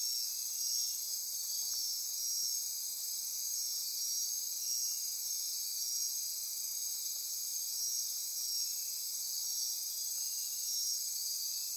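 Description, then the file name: Insect chorus with a continuous high, bright shimmering trill, even and uninterrupted throughout. Insect chorus recorded at midnight near Corcovado. "Wind-is-the-Original-Radio-Fridays 20240628 Andy-Martin Midnight-Insect-Chorus-Near-Corcovado"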